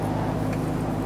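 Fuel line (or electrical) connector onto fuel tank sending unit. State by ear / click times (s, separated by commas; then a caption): not seated / none. A fuel line quick-connect (or possibly the electrical connector) is being pressed onto the fuel pump sending unit on the lowered fuel tank of a 2005–2021 Nissan Frontier 4.0L V6. Only a steady low hum with faint handling noise is heard, with no sharp hit. Nothing has seated or clicked yet.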